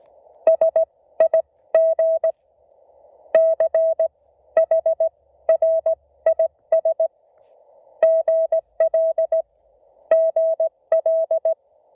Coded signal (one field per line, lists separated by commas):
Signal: Morse code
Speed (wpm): 16 wpm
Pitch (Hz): 630 Hz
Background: none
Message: SIG CHRIS GL GL